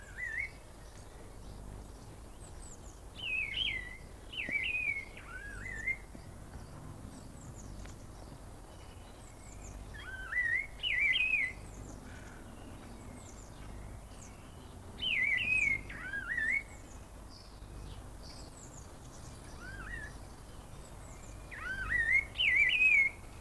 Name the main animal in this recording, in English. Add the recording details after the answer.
Emei Shan Liocichla. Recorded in captivity. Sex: male. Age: adult. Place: Tierpark Berlin, Berlin, DE. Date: 1998-03-28 10:35. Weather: overcast, ca. 10°C. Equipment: Nagra SN, Kopie Uher 4000 Report Monitor. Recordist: Tembrock, Günter